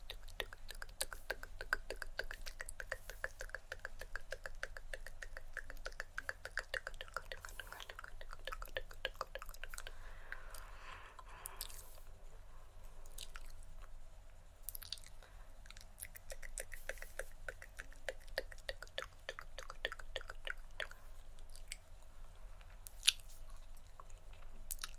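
Dense wet mouth sounds, rapid tongue clicks and smacking taps, chatter on steadily over a faint low hum.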